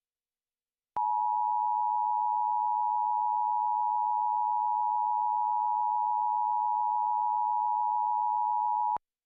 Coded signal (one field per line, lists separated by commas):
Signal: Emergency Alert System (SAME) tones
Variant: 853 and 960 Hz attention tone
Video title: (EAS #98) WOUB-TV - Severe Thunderstorm Watch (5/1/2025)